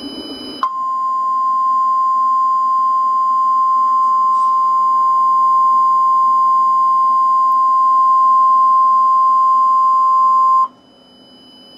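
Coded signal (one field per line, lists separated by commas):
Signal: Emergency Alert System (SAME) tones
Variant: 1050 Hz attention tone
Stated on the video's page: Simulated EAS siren and alarm sounds in a Northwest Airlines Boeing 747-400 roleplay.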